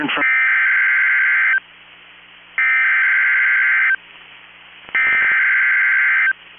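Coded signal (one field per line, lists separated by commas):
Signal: Emergency Alert System (SAME) tones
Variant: header bursts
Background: speech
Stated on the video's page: NOAA Weather Radio alerts for destructive storms in Minnesota.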